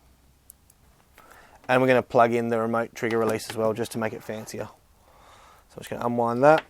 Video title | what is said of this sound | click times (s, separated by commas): LawMate HT-19 Baseball Cap Hidden Camera - Unboxing & Setup | then push it until it clicks. | 0.5 s